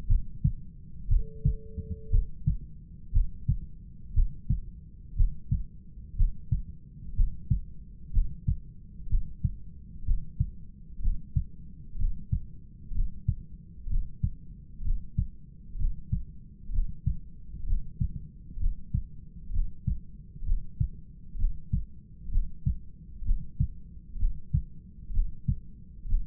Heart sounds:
heart sounds by stethoscope; 62 bpm
0.10 s: heartbeat
1.11 s: heartbeat
2.12 s: heartbeat
3.14 s: heartbeat
4.15 s: heartbeat
5.17 s: heartbeat
6.18 s: heartbeat
7.16 s: heartbeat
8.13 s: heartbeat
9.10 s: heartbeat
10.06 s: heartbeat
11.02 s: heartbeat
11.99 s: heartbeat
12.95 s: heartbeat
13.90 s: heartbeat
14.85 s: heartbeat
15.78 s: heartbeat
16.72 s: heartbeat
17.67 s: heartbeat
18.60 s: heartbeat
19.53 s: heartbeat
20.45 s: heartbeat
21.38 s: heartbeat
22.32 s: heartbeat
23.25 s: heartbeat
24.18 s: heartbeat
25.13 s: heartbeat
26.09 s: heartbeat
From the record:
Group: heart failure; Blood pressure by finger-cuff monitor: 114/81 mmHg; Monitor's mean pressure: 92 mmHg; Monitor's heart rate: 63 bpm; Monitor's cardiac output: 5.3 L/min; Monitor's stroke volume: 83 mL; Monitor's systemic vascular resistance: 1240 dyn s/cm5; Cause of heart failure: idiopathic cardiomyopathy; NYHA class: 1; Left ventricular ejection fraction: 50%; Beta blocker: bisoprolol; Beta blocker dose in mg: 5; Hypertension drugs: candesartan, spironolactone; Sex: male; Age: 54 years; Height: 180 cm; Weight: 94.6 kg

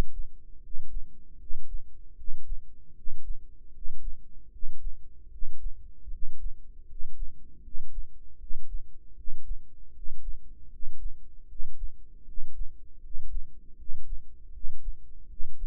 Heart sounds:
heart sounds by microphone in the right ear; 78 bpm
0.59 s: heartbeat
1.37 s: heartbeat
2.14 s: heartbeat
2.93 s: heartbeat
3.70 s: heartbeat
4.49 s: heartbeat
5.28 s: heartbeat
6.09 s: heartbeat
6.85 s: heartbeat
7.61 s: heartbeat
8.37 s: heartbeat
9.14 s: heartbeat
9.91 s: heartbeat
10.68 s: heartbeat
11.46 s: heartbeat
12.24 s: heartbeat
13.00 s: heartbeat
13.75 s: heartbeat
14.51 s: heartbeat
15.26 s: heartbeat
From the record:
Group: healthy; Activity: rest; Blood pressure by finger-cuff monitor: 108/77 mmHg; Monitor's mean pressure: 83 mmHg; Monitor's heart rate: 77 bpm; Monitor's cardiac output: 6 L/min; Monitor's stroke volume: 77 mL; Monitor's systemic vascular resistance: 1010 dyn s/cm5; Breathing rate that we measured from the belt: 19 breaths a minute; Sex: male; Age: 35 years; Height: 180 cm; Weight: 86.9 kg

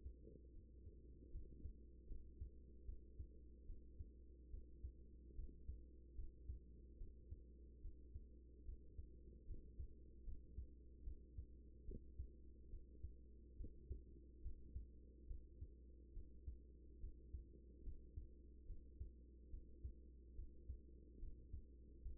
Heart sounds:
heart sounds by stethoscope; 73 bpm
0.52 s: heartbeat
1.31 s: heartbeat
2.07 s: heartbeat
2.85 s: heartbeat
3.66 s: heartbeat
4.50 s: heartbeat
5.35 s: heartbeat
6.15 s: heartbeat
6.97 s: heartbeat
7.81 s: heartbeat
8.64 s: heartbeat
9.46 s: heartbeat
10.24 s: heartbeat
11.03 s: heartbeat
11.84 s: heartbeat
12.69 s: heartbeat
13.56 s: heartbeat
14.41 s: heartbeat
15.27 s: heartbeat
16.13 s: heartbeat
16.99 s: heartbeat
17.83 s: heartbeat
18.66 s: heartbeat
19.50 s: heartbeat
20.35 s: heartbeat
21.19 s: heartbeat
22.02 s: heartbeat
From the record:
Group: healthy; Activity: rest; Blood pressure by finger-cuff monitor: 105/65 mmHg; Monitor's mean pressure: 81 mmHg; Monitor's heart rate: 72 bpm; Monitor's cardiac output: 5.9 L/min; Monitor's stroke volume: 82 mL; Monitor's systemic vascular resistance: 990 dyn s/cm5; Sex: female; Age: 24 years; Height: 163 cm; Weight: 55.7 kg

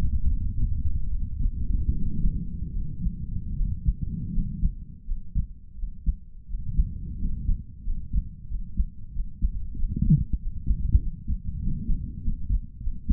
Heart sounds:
heart sounds by stethoscope; 86 bpm
0.25 s: heartbeat
1.07 s: heartbeat
1.90 s: heartbeat
2.71 s: heartbeat
3.54 s: heartbeat
4.30 s: heartbeat
5.04 s: heartbeat
5.75 s: heartbeat
6.46 s: heartbeat
7.17 s: heartbeat
7.82 s: heartbeat
8.46 s: heartbeat
9.11 s: heartbeat
9.75 s: heartbeat
10.38 s: heartbeat
10.98 s: heartbeat
11.59 s: heartbeat
12.20 s: heartbeat
12.79 s: heartbeat
From the record:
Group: healthy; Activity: breath hold 0-2 s, rest 2-13 s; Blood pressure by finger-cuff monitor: 101/65 mmHg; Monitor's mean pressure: 75 mmHg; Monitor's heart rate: 83 bpm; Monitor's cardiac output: 5.9 L/min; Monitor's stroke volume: 71 mL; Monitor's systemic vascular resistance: 890 dyn s/cm5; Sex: male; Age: 22 years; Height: 181 cm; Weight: 60 kg

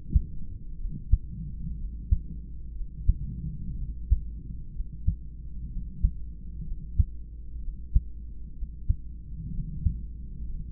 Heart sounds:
heart sounds by stethoscope; 62 bpm
0.76 s: heartbeat
1.74 s: heartbeat
2.71 s: heartbeat
3.74 s: heartbeat
4.71 s: heartbeat
5.67 s: heartbeat
6.62 s: heartbeat
7.59 s: heartbeat
8.53 s: heartbeat
9.49 s: heartbeat
10.45 s: heartbeat
From the record:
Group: heart failure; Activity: rest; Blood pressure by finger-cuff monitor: 101/59 mmHg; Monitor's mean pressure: 75 mmHg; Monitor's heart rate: 62 bpm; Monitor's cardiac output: 4.2 L/min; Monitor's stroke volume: 69 mL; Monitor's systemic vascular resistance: 1280 dyn s/cm5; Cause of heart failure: idiopathic cardiomyopathy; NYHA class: 2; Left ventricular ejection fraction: 17%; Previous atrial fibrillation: present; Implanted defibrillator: present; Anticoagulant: edoxaban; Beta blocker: bisoprolol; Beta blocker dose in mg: 7.5 twice daily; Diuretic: furosemide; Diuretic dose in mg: 20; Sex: male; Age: 63 years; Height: 160 cm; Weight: 69 kg

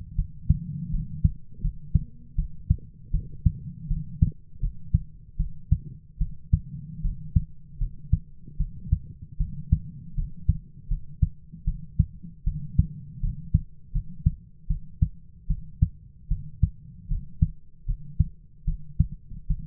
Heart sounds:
heart sounds by stethoscope; 78 bpm
0.16 s: heartbeat
0.91 s: heartbeat
1.62 s: heartbeat
2.36 s: heartbeat
3.12 s: heartbeat
3.88 s: heartbeat
4.61 s: heartbeat
5.37 s: heartbeat
6.19 s: heartbeat
7.02 s: heartbeat
7.79 s: heartbeat
8.58 s: heartbeat
9.38 s: heartbeat
10.15 s: heartbeat
10.89 s: heartbeat
11.65 s: heartbeat
12.45 s: heartbeat
13.21 s: heartbeat
13.92 s: heartbeat
14.68 s: heartbeat
15.48 s: heartbeat
16.29 s: heartbeat
17.08 s: heartbeat
17.86 s: heartbeat
18.65 s: heartbeat
19.48 s: heartbeat
From the record:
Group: healthy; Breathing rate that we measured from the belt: 19 breaths a minute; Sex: female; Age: 22 years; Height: 161 cm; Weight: 65.5 kg

